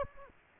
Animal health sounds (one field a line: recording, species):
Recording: mosquito wingbeat signal from an infrared sensor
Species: Aedes aegypti